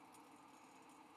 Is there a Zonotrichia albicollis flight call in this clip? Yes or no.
no